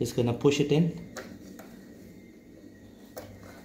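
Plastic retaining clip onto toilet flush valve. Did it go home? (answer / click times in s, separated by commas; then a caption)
yes / 3.2 s. Someone talks as a new plastic retaining clip is pushed onto an Armitage Shanks toilet flush valve to hold the new seal in place. After a short tap at 1.6 s, a sharp click at 3.2 s marks the clip snapping on and seating, fixing the leak into the toilet pan.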